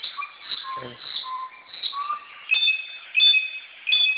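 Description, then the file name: Samyong calls: soft mixed whistles, then three loud high whistled phrases near the end. Recorded in forest. "suara burung samyong di hutan"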